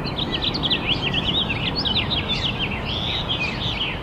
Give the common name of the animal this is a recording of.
House Finch